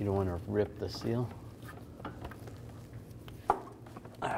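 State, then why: Seated. The inner splined end of a new steel CV axle is lined up and pushed into the transmission side seal on a 2011–2015 Chevy Cruze (front driver side), while someone talks and faint scraping is heard. One sharp metallic hit at 3.5 s marks the retaining clip locking the axle into the transmission. A tug test afterward shows it is seated and holds.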